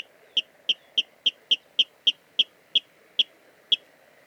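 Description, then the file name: Water rail calling a run of short, hard kip notes, roughly three each second, the gaps widening slightly toward the end; background otherwise quiet. Recorded at Dviete. "life dviete. rallus aquaticus"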